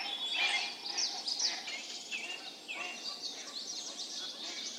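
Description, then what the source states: Birds chirping and whistling together, with quick high notes, sliding whistles and scattered lower calls overlapping throughout. Birds calling in a mountain forest.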